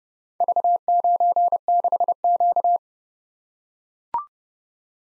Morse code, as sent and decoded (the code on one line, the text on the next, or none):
...- ----. -.... --.-
V96Q